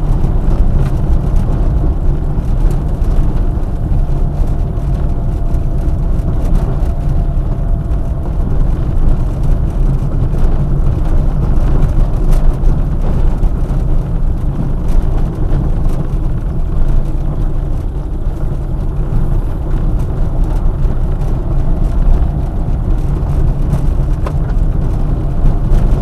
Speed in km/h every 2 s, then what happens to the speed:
28, 28, 26, 24, 24, 23, 22, 18, 18, 23, 29, 30, 28.
0-14 slows to 18. 17-21 speeds up to 30.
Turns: none.